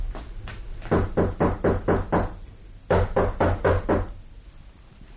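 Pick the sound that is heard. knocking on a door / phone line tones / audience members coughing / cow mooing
knocking on a door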